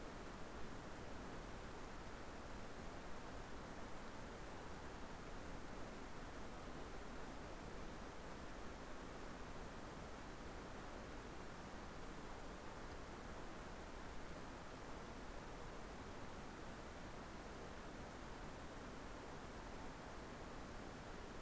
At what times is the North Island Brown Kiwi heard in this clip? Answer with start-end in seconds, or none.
none